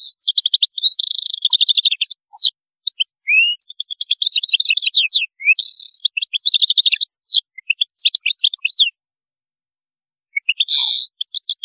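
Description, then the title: European goldfinch song, a fast, continuous twittering of tinkling notes and buzzy trills, pausing briefly near the end before a final buzzy burst. "Chant Chardonneret"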